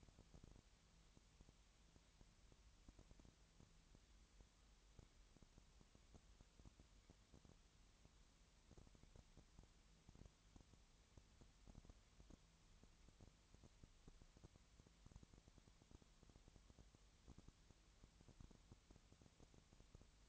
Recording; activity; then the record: daily activity, microphone in the room; no activity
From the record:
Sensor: 3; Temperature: 20.6 degrees Celsius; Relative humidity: 34.7%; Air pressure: 1007.2 hPa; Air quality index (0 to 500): 137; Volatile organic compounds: 3 ppm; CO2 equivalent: 1527 ppm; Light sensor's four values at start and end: 2/3/2/2 and 2/3/2/2